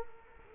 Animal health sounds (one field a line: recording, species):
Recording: mosquito wingbeat signal from an infrared sensor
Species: Culex quinquefasciatus